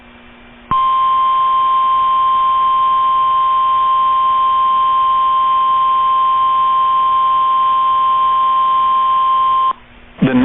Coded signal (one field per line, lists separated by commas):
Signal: Emergency Alert System (SAME) tones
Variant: 1050 Hz attention tone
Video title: Tornado Watch #564 (8/1/25) [EAS #206]